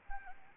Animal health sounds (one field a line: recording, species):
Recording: mosquito wingbeat signal from an infrared sensor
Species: Anopheles arabiensis